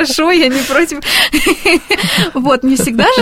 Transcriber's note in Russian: смеется